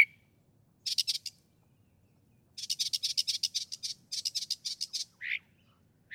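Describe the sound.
Northern mockingbird song: rapid dry chattering series of high notes in several bursts, with a few separate slurred notes at the start and end.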